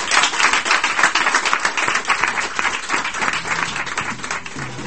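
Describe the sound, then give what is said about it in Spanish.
A crowd of radio listeners in the studio applauds steadily for several seconds, a dense, crackling wash of many hands clapping at once, loud and sustained without a break. “Y va a ser Juan Antonio quien te despida después de los aplausos de todos los oyentes para ti.”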